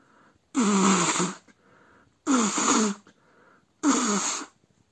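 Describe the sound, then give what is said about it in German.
Three forceful nose blows, each a loud, breathy honk lasting nearly a second, with soft snuffling sounds in the pauses between them. No talking. “So, jetzt muss ich mir mal einmal live die Nase putzen.”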